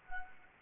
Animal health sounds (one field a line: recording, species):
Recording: mosquito wingbeat signal from an infrared sensor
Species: Anopheles arabiensis